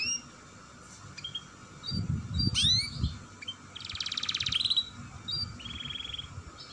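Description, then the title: Atlantic canary song with scattered whistled notes, a quick rattling trill near the middle and a thin buzzy phrase, with some low rumbling noise early on. Singing actively (gacor) with a long rolling song phrase ('roll panjang'). "Kenari Gacor Dor Roll Panjang"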